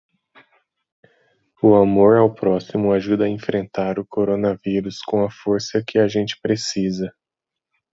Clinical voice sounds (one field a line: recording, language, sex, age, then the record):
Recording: spoken sentence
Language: Brazilian Portuguese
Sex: male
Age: 20 to 29 years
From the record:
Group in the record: control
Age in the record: 27 years